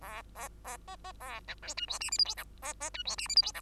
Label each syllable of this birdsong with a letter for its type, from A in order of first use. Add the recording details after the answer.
A A A B B A C D E F G H I J K B B E F G H I J K. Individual Bird2